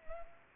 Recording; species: mosquito wingbeat signal from an infrared sensor; Culex pipiens